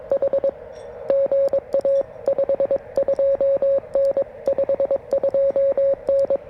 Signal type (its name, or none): Morse code